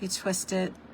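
A spatula insert is twisted clockwise into the handle of a paper-crafting pick tool while someone talks. The insert is being turned toward its locked position, but nothing has seated or clicked yet.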